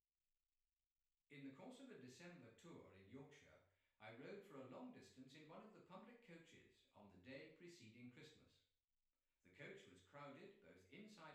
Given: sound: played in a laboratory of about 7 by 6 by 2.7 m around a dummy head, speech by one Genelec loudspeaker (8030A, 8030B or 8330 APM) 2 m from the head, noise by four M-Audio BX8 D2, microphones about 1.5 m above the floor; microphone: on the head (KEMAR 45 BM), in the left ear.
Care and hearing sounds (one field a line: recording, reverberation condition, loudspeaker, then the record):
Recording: male speech in English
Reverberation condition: medium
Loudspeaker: 150 degrees to the right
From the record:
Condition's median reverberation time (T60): about 510 ms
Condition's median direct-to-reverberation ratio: about -0.5 dB